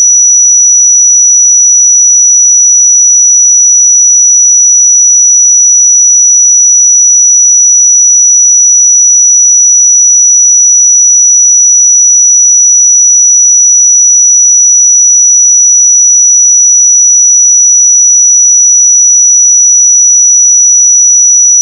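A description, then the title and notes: A pure sine tone at 5883 Hz sounds steadily for the whole clip, a thin, bright, piercing whistle with no change in pitch or loudness. Nothing else is heard behind it; the tone simply holds constant until it stops at the end. 5883 Hz 1 Hz Interval Sine Pure Tone Frequency 441000 Sample Mono.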